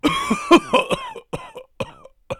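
A rapid run of about nine short, voiced coughs in quick succession, fading toward the end.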